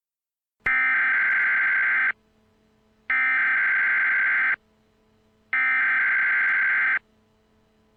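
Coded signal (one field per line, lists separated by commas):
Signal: Emergency Alert System (SAME) tones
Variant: header bursts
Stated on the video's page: Fictional EAS scenario recreation about the moon on a collision course with Earth.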